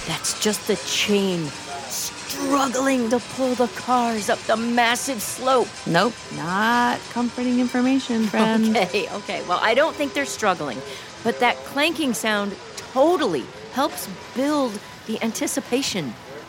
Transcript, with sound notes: That’s just the chain, struggling to pull the cars up that massive slope.
NOT comforting information!
(laughter) Okay, well I don’t think they’re “struggling,” but that clanking sound totally helps build the anticipation!